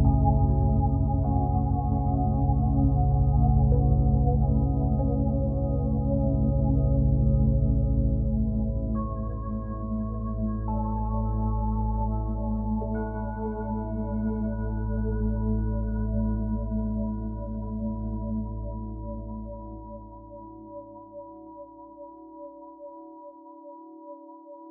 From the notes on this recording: binaural beats